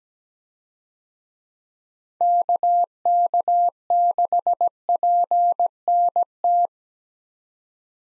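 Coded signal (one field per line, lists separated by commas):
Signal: Morse code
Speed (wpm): 17 wpm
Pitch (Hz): 700 Hz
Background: none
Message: KK6PNT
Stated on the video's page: Morse practice of 6-character US call signs at 17 wpm, each sent, then spoken, then sent again, for head-copy.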